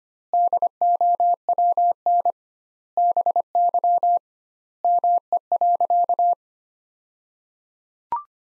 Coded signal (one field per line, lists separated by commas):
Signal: Morse code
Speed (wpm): 25 wpm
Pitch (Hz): 700 Hz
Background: none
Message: DOWN BY ME.